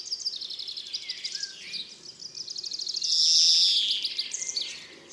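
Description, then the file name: European greenfinch song: rapid high twittering trills followed by a long, drawn-out wheezy buzz in the middle, then more trilled notes. "Chloris chloris"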